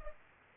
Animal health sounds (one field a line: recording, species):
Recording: mosquito wingbeat signal from an infrared sensor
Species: Culex pipiens